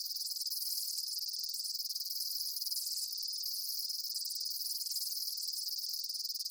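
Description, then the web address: Daytime insect chorus of rapid high chirps merging into a continuous shimmering buzz, steady in loudness. Daytime insect ambience, chirping bugs. "Blast Wave Amb Day Insects. animal ambience insects chirps day bugs"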